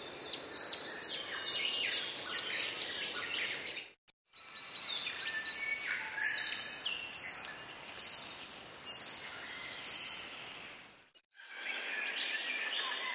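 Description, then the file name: Bird calls: high chirping notes in short runs, separated by pauses, with some flatter whistled tones. "BIRD wbsw"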